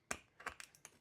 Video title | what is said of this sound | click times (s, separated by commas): Does the Jetboil Windscreen Accessory Actually Work?! | And this Let's show you but it's kind of pops into place. | 0.1 s